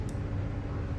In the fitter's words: like it just did once you feel it click and drop down a little bit